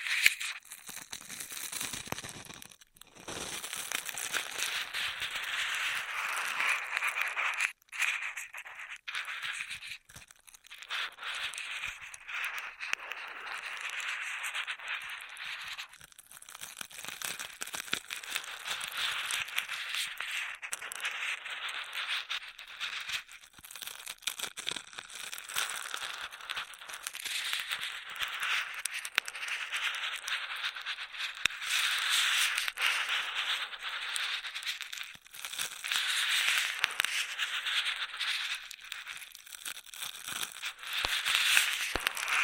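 Straw sounds fill the clip with a dense, steady crinkling and rattling that barely pauses across its length. The texture is bright and crackly, with quick irregular ticks, and a few brief dropouts near the start and around ten and sixteen seconds.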